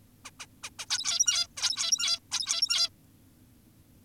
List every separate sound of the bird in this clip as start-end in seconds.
0.25-0.31, 0.40-0.46, 0.63-0.70, 0.79-0.86, 0.90-1.47, 1.57-2.20, 2.32-2.90